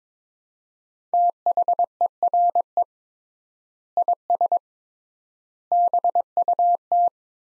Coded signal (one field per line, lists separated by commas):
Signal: Morse code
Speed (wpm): 22 wpm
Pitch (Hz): 700 Hz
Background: none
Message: THERE IS BUT